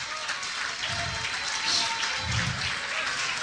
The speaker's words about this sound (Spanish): Vamos a darle un aplauso a Cristo en lo que cambian eso allá. Más fuerte de aplauso.